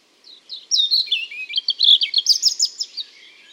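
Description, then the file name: European robin singing a short phrase that opens with soft high notes, then breaks into loud, rapid, twittering trills, ending in a quiet fade. "Erithacus rubecula"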